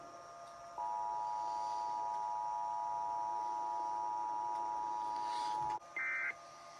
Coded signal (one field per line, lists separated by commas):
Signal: Emergency Alert System (SAME) tones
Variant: 853 and 960 Hz attention tone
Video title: EAS 3608-3611: KDKA EAS Test + Usual Relays & Shenanigans